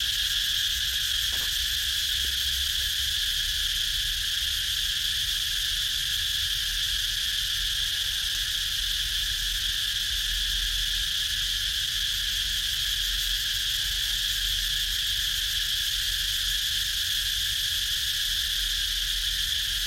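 Insects at night fill the air with a dense, unbroken shimmering drone, strongest in a bright high band, steady for the whole stretch. A low rumble sits underneath, and a few faint clicks and short calls appear early and around the middle.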